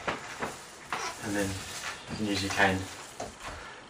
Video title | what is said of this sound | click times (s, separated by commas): How to use the Cane Holder | fit in there like that and click into place | 0.9 s